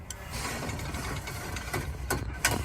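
The third frame of a folding display stand on a cargo-bike trailer is unhooked from its hook or latch after its release button is pressed. Ratchet-like mechanical rattling runs under the clip, with sharp clicks at 2.1 s and 2.5 s. The frame latch releases.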